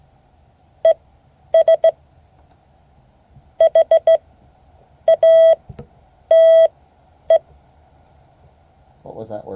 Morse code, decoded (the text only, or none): ES HATE